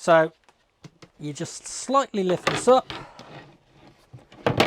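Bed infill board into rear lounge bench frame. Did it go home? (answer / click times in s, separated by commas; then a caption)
yes / 4.5 s, 4.6 s. A square-edged bed infill board is lifted slightly and slid across a rear lounge bench frame in a WildAx Altair RL motorhome while someone talks. Two sharp knocks at 4.5 s and 4.6 s are heard as the board locks into place on the bench frame.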